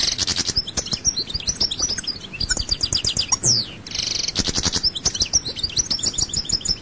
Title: Chant Chardonneret